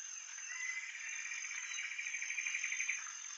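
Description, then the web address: Common paradise kingfisher giving a fast series of repeated notes lasting about two and a half seconds, over a constant shrill insect background. Recorded in Indonesia. "ULM-DS-Lab indonesian-bird-sounds. Tanysiptera galatea"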